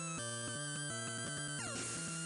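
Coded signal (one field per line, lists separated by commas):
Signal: none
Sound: a game's music notes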